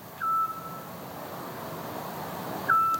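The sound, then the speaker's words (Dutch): A vagrant Eurasian scops owl, watched by a crowd of birdwatchers, gives two short, pure, mid-pitched whistled notes about two and a half seconds apart, standing out over a steady low background hiss, with no talking. “Dag dwergooruil. Dank voor je geluid.”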